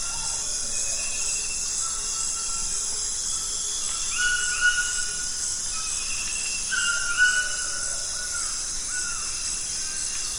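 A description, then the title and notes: Nightfall on the Zabalo River brings a thick, unbroken wall of shrill insect buzzing that holds steady throughout. Over it, clear whistled calls rise and hold at mid pitch, a cluster around four to five seconds and another near seven seconds, with softer chirps scattered between. Nightfall on the Zabalo. Today we’re visiting the Zabalo River in Ecuador.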